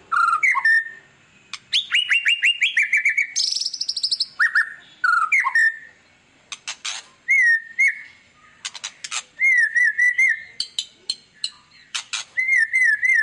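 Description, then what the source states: White-rumped shama song: rich varied phrases of clear whistles mixed with sharp high chattering notes and harsh buzzy bursts, delivered in rapid changing sequences. Song used as a lure to make other birds respond; described as a lively, constantly singing bird.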